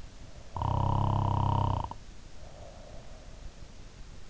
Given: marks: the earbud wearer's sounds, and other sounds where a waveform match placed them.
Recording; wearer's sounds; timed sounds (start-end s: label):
sounds in sleep by an in-ear microphone; snoring breath
0.30-3.50 s: snoring breath